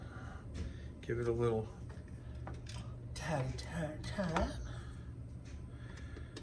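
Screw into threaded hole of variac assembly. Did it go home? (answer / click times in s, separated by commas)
yes / 6.4 s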